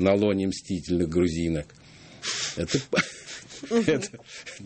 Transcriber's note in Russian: все смеются